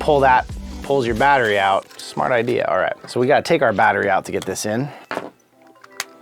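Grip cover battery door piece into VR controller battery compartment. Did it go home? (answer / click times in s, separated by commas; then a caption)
yes / 6.0 s. Someone talks while the battery is taken out of a Quest 2 VR controller so that the plastic battery-door piece and pull tab of a Kiwi long controller grip cover can be fitted into the battery compartment. The piece snaps into place with a sharp click at 6.0 s, and it is seated.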